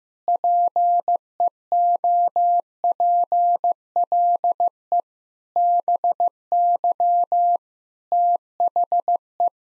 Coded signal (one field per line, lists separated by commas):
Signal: Morse code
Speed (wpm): 14 wpm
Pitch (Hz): 700 Hz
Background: none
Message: PEOPLE BY THE